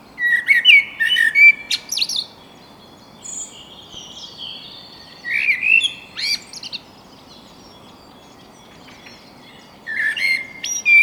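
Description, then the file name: Eurasian blackbird calls, irregular bursts of chirps and squawky notes recurring several times. "Turdus merula"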